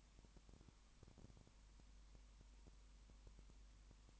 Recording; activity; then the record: daily activity, microphone in the room; no activity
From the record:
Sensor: 1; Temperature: 19.7 degrees Celsius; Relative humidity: 40.5%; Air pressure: 1010.6 hPa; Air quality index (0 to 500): 208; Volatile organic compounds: 56 ppm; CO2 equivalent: 3366 ppm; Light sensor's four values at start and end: 1/2/1/1 and 1/2/1/1